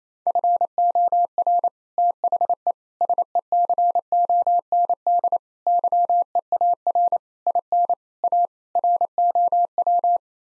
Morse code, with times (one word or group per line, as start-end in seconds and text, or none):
0.3-1.7 FOR
2.0-2.7 THE
3.0-5.4 SECOND
5.7-7.2 YEAR
7.5-7.9 IN
8.2-8.5 A
8.8-10.2 ROW